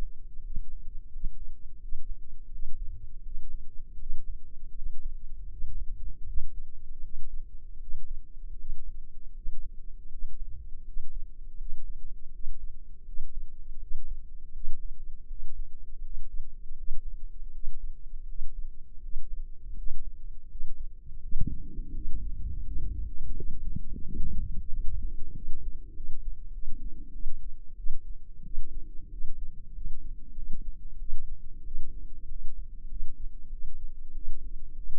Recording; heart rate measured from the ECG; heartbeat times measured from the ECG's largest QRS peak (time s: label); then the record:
heart sounds by microphone in the left ear; 86 bpm
0.42 s: heartbeat
1.11 s: heartbeat
1.80 s: heartbeat
2.50 s: heartbeat
3.23 s: heartbeat
3.98 s: heartbeat
4.74 s: heartbeat
5.49 s: heartbeat
6.25 s: heartbeat
7.01 s: heartbeat
7.79 s: heartbeat
8.57 s: heartbeat
9.34 s: heartbeat
10.10 s: heartbeat
10.84 s: heartbeat
11.58 s: heartbeat
12.31 s: heartbeat
13.05 s: heartbeat
13.79 s: heartbeat
14.53 s: heartbeat
15.27 s: heartbeat
16.02 s: heartbeat
16.75 s: heartbeat
17.51 s: heartbeat
18.26 s: heartbeat
19.01 s: heartbeat
19.74 s: heartbeat
20.48 s: heartbeat
21.20 s: heartbeat
21.92 s: heartbeat
22.63 s: heartbeat
23.34 s: heartbeat
24.03 s: heartbeat
24.69 s: heartbeat
25.33 s: heartbeat
25.93 s: heartbeat
26.51 s: heartbeat
27.11 s: heartbeat
27.75 s: heartbeat
28.43 s: heartbeat
29.09 s: heartbeat
29.72 s: heartbeat
30.34 s: heartbeat
30.97 s: heartbeat
31.63 s: heartbeat
32.27 s: heartbeat
32.87 s: heartbeat
33.50 s: heartbeat
34.12 s: heartbeat
34.74 s: heartbeat
From the record:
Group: healthy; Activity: breath hold 0-23 s, rest 23-35 s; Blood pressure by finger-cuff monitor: 120/72 mmHg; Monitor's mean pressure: 87 mmHg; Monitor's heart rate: 82 bpm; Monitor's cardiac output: 6.5 L/min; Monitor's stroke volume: 80 mL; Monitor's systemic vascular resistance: 980 dyn s/cm5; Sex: female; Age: 24 years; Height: 163 cm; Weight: 55.7 kg